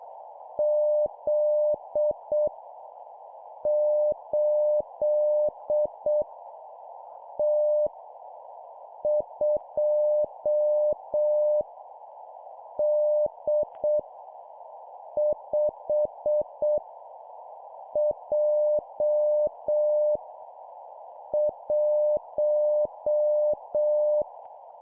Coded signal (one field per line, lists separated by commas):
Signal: Morse code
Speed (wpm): 7 wpm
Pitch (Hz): 600 Hz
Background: none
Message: Z 8 T 2 D 5 J 1